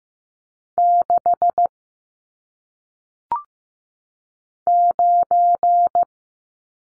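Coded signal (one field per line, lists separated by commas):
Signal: Morse code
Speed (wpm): 15 wpm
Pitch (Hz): 700 Hz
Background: none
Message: 6 9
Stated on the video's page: Morse practice of single-digit numbers at 15 wpm, each sent, then spoken, then sent again.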